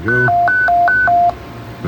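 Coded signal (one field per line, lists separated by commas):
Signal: roger beep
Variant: Stryker setting 5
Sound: quick high-low tone sequence, six alternating beeps, about 1.2 seconds after speech cuts off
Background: brief speech, radio hiss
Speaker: the roger beep we got it set up for you just put it on roger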